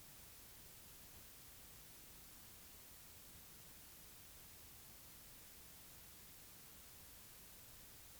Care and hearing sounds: daily activity, guitar pickup as the sensor; sit

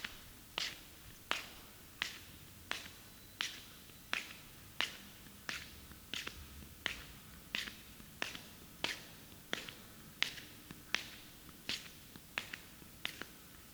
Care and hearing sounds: daily activity, guitar pickup as the sensor; walk

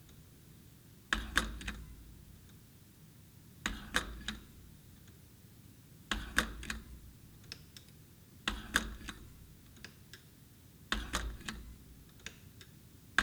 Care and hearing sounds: daily activity, guitar pickup as the sensor; manipulate door

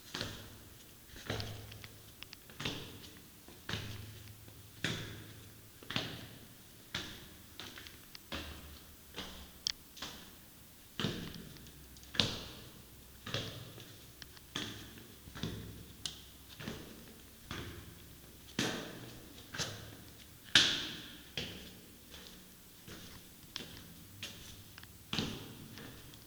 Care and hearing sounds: daily activity, guitar pickup as the sensor; go downstairs

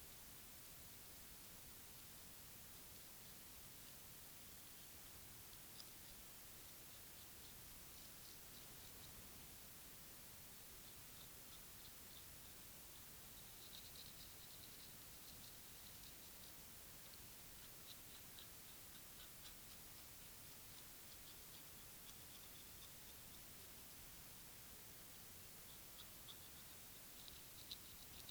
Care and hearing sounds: daily activity, guitar pickup as the sensor; brush teeth

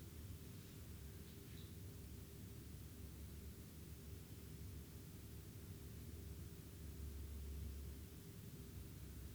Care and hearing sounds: daily activity, guitar pickup as the sensor; lie down

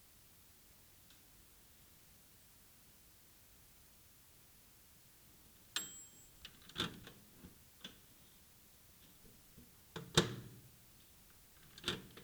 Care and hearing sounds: daily activity, guitar pickup as the sensor; use microwave

